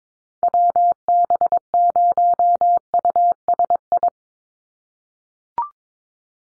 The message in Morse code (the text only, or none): WB0USI